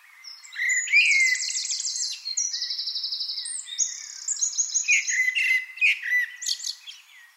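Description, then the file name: Eurasian wren pouring out a continuous, energetic song of rapid high trills linked by chattering notes and whistled slurs. "Troglodytes troglodytes"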